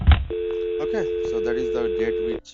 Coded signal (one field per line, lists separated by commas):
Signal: telephone call progress tone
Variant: North America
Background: speech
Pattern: dial tone